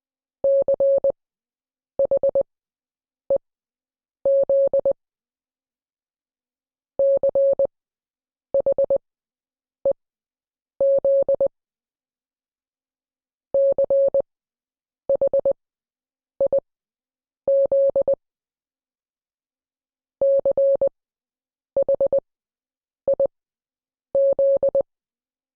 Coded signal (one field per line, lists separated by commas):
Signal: Morse code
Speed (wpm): 20 wpm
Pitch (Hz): 550 Hz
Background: none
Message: CHEZ CHEZ CHIZ CHIZ